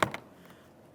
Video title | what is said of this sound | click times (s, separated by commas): How to Replace Rear Interior Door Handle Bezels 2002-2009 Chevrolet Trailblazer | Listen for a click from all 4 locks. | 0.0 s, 0.1 s